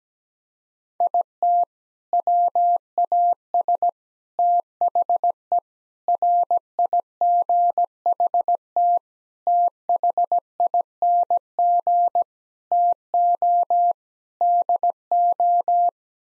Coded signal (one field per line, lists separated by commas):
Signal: Morse code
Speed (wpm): 17 wpm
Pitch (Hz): 700 Hz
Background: none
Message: IT WAS THE RIGHT THING TO DO